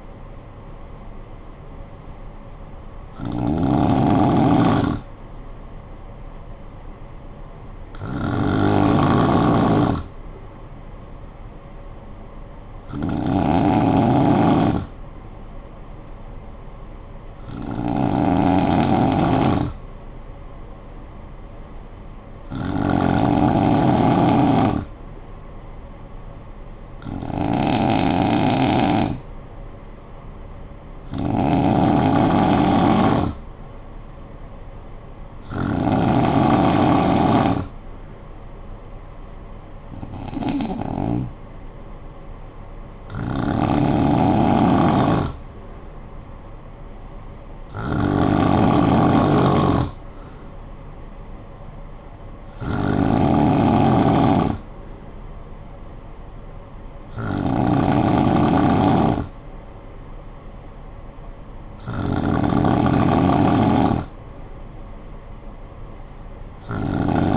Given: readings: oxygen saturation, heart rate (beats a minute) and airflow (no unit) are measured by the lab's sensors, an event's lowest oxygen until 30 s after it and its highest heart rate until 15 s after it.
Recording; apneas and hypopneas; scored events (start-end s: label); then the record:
breathing in sleep by a smartphone at the bedside; 1
17.00-34.60 s: hypopnea (N2, oxygen 95% highest, then 91% lowest, heart rate 55 at the start, 64 highest)
From the record:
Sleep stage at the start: N2 (light sleep); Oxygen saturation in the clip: 89 to 95%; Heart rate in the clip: 50 to 64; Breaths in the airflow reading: 14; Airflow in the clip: -8.3 to 5.6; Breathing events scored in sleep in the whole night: 445 in 7.6 hours asleep